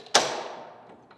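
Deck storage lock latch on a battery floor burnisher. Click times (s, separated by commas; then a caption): 0.2 s. On a Tennant B7 battery floor burnisher, with the foot pedal locked, the bar is pulled to raise the pad deck until its storage lock latch clicks into place at 0.2 s. The click is a loud, sharp metal hit with a fast decay, followed by a faint tap near 1.1 s. The deck is locked in place and the machine is ready for storage.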